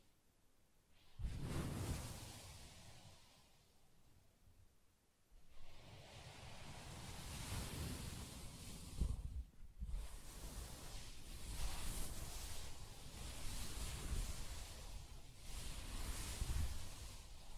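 Fingers tap and scratch across a soft fabric surface, making dull thumps and hissy rustling. After a near-silent start, a burst comes at about one second, then a quiet gap, and from six seconds the scratching runs steadily in rough waves with brief pauses.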